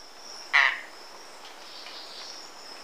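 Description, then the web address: Golden-winged manakin call: a single short, harsh burst lasting about a quarter second, with a high, steady insect whine continuing behind it. Recorded in Ecuador. "Birds of Ecuador. Golden-winged Manakin"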